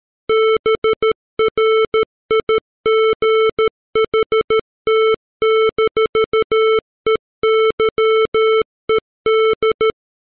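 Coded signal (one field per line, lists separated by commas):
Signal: Morse code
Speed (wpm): 13 wpm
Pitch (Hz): 440 Hz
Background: music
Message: BRIGHT-EYED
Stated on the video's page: Morse text sent at 13 wpm, generated by PC software as a 440 Hz square wave at 44100 samples per second, 16-bit.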